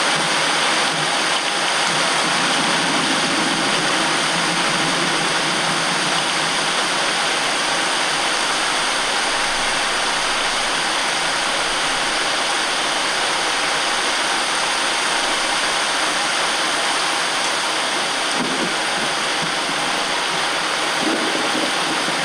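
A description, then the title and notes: A rain shower pours down in a thick, steady hiss that barely changes in level for the whole stretch. A soft, low rumbling swells underneath during the first several seconds, and a couple of brief muffled thumps surface near the end. Sound of thunder against the backdrop of a rain shower. Thunder Storm Sound.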